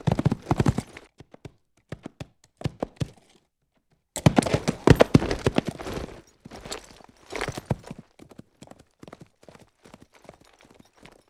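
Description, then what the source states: Horse hoofbeats in irregular bursts with a silent gap near four seconds, then a loud cluster and scattered lighter hits. Galloping.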